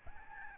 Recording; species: mosquito wingbeat signal from an infrared sensor; Aedes albopictus